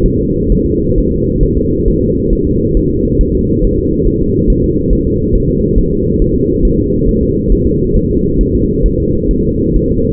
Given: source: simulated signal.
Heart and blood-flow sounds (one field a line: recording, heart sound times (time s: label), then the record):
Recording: fetal heart sounds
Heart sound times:
0.06 s: S1
0.20 s: S2
0.52 s: S1
0.66 s: S2
0.98 s: S1
1.12 s: S2
1.43 s: S1
1.58 s: S2
1.88 s: S1
2.02 s: S2
2.33 s: S1
2.47 s: S2
2.77 s: S1
2.91 s: S2
3.21 s: S1
3.35 s: S2
3.64 s: S1
3.78 s: S2
4.08 s: S1
4.22 s: S2
4.50 s: S1
4.64 s: S2
4.93 s: S1
5.07 s: S2
5.36 s: S1
5.50 s: S2
5.78 s: S1
5.93 s: S2
6.22 s: S1
6.36 s: S2
6.65 s: S1
6.79 s: S2
7.09 s: S1
7.23 s: S2
7.53 s: S1
7.67 s: S2
7.96 s: S1
8.11 s: S2
8.41 s: S1
8.55 s: S2
8.86 s: S1
9.00 s: S2
9.31 s: S1
9.45 s: S2
9.76 s: S1
9.91 s: S2
From the record:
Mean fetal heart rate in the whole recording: 135 bpm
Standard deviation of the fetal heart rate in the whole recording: 3 bpm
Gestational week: 36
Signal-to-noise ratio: -10.2 dB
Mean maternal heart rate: 72 bpm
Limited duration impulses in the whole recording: present